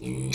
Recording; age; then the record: pig call; weaner (32 to 43 days)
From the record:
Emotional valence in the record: negative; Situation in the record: short isolation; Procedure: open field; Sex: female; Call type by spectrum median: low-frequency call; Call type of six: mixed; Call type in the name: high-frequency modulated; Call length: 0.35 s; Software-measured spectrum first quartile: 188 Hz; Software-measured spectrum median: 1045 Hz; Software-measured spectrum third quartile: 4620 Hz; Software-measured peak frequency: 323 Hz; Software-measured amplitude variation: 88 dB a second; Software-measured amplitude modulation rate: 24.0 a second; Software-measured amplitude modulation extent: 3.7 dB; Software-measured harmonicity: 8.3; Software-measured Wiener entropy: -4.38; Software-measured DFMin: 1091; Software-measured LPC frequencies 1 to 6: 2401, 3569, 4133, 4700, 5923, 6942 Hz